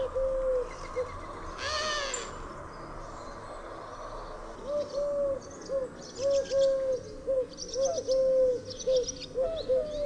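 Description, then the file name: Eurasian collared dove cooing in low, soft repeated notes, with a brief rushing burst early on and faint high chirps of other birds in the background. "sierpowka"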